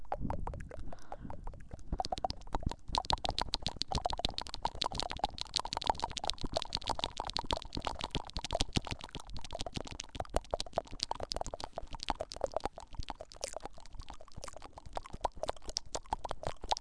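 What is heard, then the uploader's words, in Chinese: Ear-pecking kisses and popping mouth sounds run the whole length as a rapid, dense stream of wet clicks and smacks. The first two seconds are sparser, with a low rumble underneath; after that the pecking settles into a steady, busy rhythm with a bright edge. 啄耳＋kiss＋嗷呜＋啵啵。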